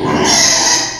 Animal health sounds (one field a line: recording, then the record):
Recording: squeal of a Yucatan mini pig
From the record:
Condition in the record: before surgery on the right vocal fold (resection and tissue-engineered implant)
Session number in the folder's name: 2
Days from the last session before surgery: 0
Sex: male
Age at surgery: 12 weeks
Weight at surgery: 13 kg